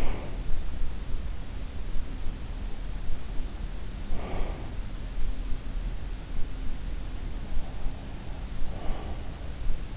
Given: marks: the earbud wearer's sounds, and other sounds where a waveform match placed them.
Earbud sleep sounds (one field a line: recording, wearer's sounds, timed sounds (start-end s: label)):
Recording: sounds in sleep by an in-ear microphone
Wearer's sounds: breath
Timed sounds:
0.00-0.51 s: breath
4.07-4.58 s: breath
8.61-9.43 s: breath